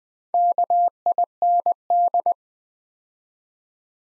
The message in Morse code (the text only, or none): KIND